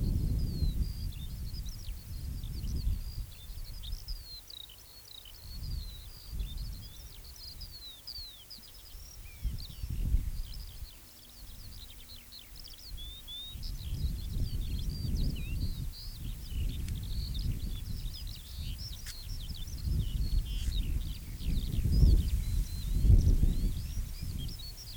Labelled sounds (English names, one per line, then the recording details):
Eurasian Skylark song
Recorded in the wild
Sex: male
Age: adult
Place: Köppchensee (Fließtal), NSG Fließtal, Berlin, DE
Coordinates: 52.6231, 13.3747
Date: 1996-07-14 18:08
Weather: overcast, gusty wind
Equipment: Sony MD-WM MZ-R3, Sennheiser MKH 416 T, Kopie Uher 4000 Report Monitor
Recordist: Tembrock, Günter